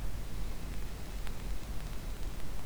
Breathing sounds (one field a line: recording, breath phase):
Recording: one breath near a microphone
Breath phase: exhalation